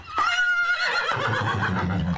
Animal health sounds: contact call of a hoofed animal; horse; whinny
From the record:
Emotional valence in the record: negative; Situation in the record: group separation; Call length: 2.2 s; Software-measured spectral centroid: 2260 Hz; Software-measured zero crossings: 2500 a second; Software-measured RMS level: -24 dBFS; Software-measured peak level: -9 dBFS

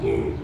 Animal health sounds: contact call of a hoofed animal; pig; closed-mouth grunt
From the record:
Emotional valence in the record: negative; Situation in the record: short social isolation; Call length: 0.44 s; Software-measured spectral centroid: 1230 Hz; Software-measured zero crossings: 830 a second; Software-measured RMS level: -24 dBFS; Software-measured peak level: -12 dBFS

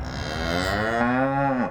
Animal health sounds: contact call of a hoofed animal; cattle; low-frequency (closed-mouth) or high-frequency (open-mouth) call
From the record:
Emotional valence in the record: negative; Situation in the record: full separation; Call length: 1.71 s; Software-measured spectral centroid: 2000 Hz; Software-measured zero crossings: 1910 a second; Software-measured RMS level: -24 dBFS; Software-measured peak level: -9 dBFS

